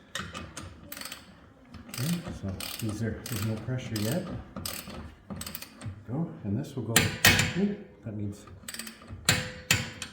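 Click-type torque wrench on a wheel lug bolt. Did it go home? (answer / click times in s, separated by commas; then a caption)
yes / 9.3 s, 9.7 s. A click-type torque wrench set to 90 lb-ft is used to tighten a wheel lug bolt on an Audi S5 while someone talks, with ratcheting mechanism sounds during the tightening. The wrench gives two sharp clicks at 9.3 s and 9.7 s, showing the bolt has reached the set 90 lb-ft of torque.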